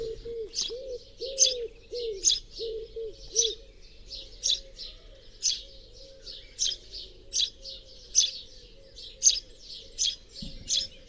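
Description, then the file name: House sparrow chirping, quick high chips repeated roughly every second, with a low warbling drone running underneath throughout. "Passer domesticus"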